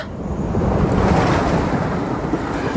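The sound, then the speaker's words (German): A train rushes past a window with a loud, continuous roar, a dense low rumble with hissing noise on top that holds steady throughout, with no voices. “Da saust eben ein Zug am Fenster vorbei.”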